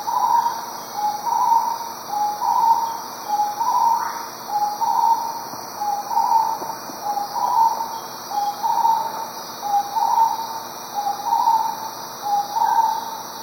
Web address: S America Eastern Lowlands Starred Wood-Quail